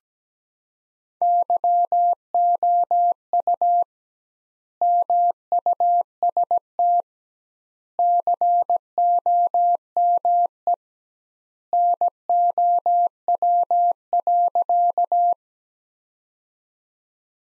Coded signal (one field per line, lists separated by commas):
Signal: Morse code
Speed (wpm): 17 wpm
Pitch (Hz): 700 Hz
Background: none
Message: YOU MUST COME NOW.